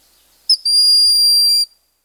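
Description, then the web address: Broad-winged hawk call: a brief high whistled note followed by a long, thin, steady high-pitched whistle lasting about a second, in otherwise quiet surroundings. "Birds of the Chicago Region. Broad-winged Hawk"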